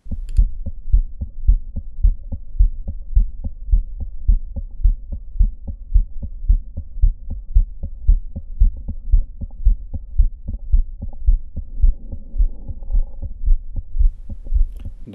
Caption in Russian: Пациентку, немногим менее 40 лет, с синдромом Шерешевского-Тернера и двустворчатым аортальным клапаном. У пациентки легкая аортальная недостаточность. В точке Боткина слышен высокочастотный музыкальный диастолический шум.